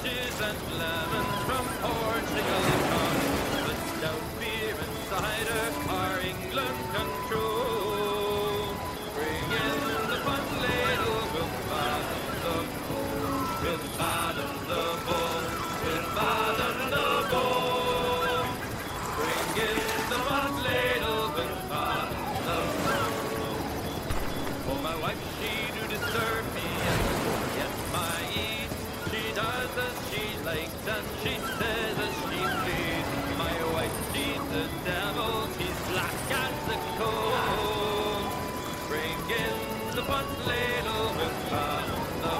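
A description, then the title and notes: A busy tavern scene in an island village, with a dense, steady crowd murmur of overlapping voices throughout. Brief louder exclamations and clatters rise out of the chatter every few seconds, while a low rumble sits underneath the whole time. Pirate tavern. Island village ambience.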